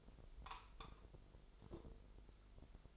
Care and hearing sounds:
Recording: daily activity, microphone in the room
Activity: take from stove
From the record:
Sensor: 5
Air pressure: 995.5 hPa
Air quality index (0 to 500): 96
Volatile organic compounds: 5 ppm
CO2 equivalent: 1818 ppm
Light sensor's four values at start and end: 32/77/32/33 and 33/80/33/34

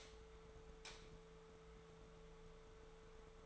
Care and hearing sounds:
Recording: daily activity, microphone in the room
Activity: light on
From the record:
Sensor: 3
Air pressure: 1014.7 hPa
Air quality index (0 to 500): 192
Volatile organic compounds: 24 ppm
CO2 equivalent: 2800 ppm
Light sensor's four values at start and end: 41/103/44/47 and 43/111/47/50

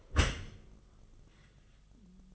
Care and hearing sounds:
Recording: daily activity, microphone in the room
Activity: close dishwasher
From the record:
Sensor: 4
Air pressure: 1005.6 hPa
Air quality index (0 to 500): 112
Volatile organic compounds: 3 ppm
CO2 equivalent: 1394 ppm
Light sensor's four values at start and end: 12/26/10/10 and 11/25/10/10

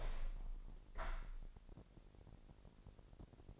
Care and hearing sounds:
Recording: daily activity, microphone in the room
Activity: open window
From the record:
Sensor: 5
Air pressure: 1000.0 hPa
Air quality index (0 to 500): 248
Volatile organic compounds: 35 ppm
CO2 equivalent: 3055 ppm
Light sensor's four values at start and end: 34/80/32/30 and 34/80/32/30

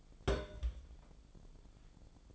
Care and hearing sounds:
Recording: daily activity, microphone in the room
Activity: place on stove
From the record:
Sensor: 5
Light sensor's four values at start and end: 285/666/290/325 and 285/663/290/325

